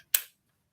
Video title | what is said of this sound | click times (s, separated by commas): Alias Belt System Reveal | that clicks in | 0.2 s